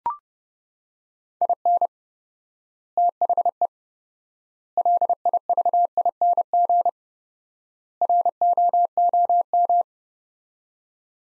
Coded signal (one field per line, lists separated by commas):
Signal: Morse code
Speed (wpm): 30 wpm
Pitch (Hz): 700 Hz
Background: none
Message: IN THE LIVING ROOM